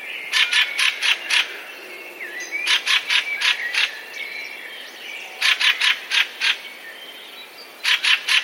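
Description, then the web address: Fieldfare loud, dry chack-chack calls in runs of several notes, separated by short pauses with faint squeaks. "wroblowe kolekcja turdus pilaris"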